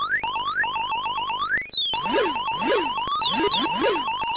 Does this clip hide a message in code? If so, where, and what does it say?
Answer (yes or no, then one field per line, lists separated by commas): no